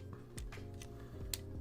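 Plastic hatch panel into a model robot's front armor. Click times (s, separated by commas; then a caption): 1.3 s. After being reoriented, a plastic hatch panel is pressed onto the front armor of a large PG Unleashed RX-78-2 plastic model robot kit, with light plastic ticks and handling sounds over a steady tonal background. A sharp click at 1.3 s is heard as the hatch seats into place.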